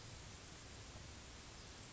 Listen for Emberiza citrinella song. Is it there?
no